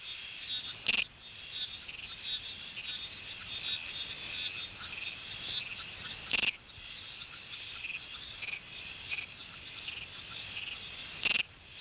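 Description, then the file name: Northern sedgefrog calling: brief, sharp, high chirps at irregular intervals over a steady, shrill insect drone. "Litoria bicolor"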